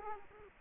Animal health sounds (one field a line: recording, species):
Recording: mosquito wingbeat signal from an infrared sensor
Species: Culex quinquefasciatus